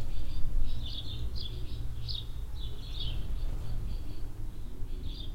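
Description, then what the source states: Swallows twittering in quick high notes, with low wind noise throughout. Swallows flying under a shed roof in a barn yard at the village centre, Hoscheid; mellow wind; early afternoon in spring.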